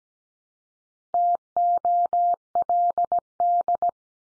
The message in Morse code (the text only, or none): TOLD